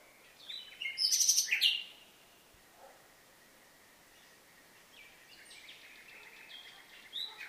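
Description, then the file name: Common nightingale giving one loud, rich chirping phrase early on, followed by several seconds of faint, scattered high notes. "Luscinia megarhynchos"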